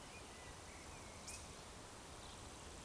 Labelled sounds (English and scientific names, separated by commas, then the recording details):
Eurasian Woodcock (Scolopax rusticola) whistle
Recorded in Baden-Württemberg, Germany, on 12 June 2020 at 19:31 UTC
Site 43791, 788 m above sea level